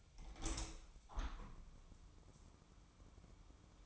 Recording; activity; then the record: daily activity, microphone in the room; open window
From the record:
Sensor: 1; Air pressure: 1000.5 hPa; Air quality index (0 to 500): 183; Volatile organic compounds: 4 ppm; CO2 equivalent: 1685 ppm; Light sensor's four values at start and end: 10/24/10/11 and 10/25/10/12